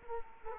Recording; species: mosquito wingbeat signal from an infrared sensor; Culex quinquefasciatus